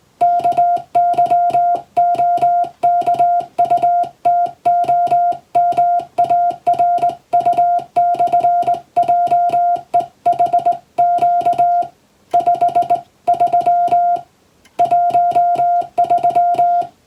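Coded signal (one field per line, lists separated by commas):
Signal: Morse code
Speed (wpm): 20 wpm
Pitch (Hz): 700 Hz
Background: music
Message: KYOKUTOMARU/JEHQ 5 3 13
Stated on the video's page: English-language Morse code practice taken from a European-language telegram practice book.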